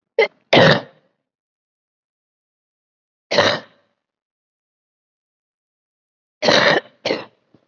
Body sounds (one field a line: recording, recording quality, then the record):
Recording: heavy voluntary cough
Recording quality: excellent, no background noise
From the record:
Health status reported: COVID-19 positive, moderate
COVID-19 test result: positive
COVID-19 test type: RT-PCR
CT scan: not taken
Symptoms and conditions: cough, cold, breathing difficulty, fever, fatigue, muscle pain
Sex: female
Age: 74 years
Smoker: no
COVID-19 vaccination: none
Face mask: not worn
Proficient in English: no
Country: India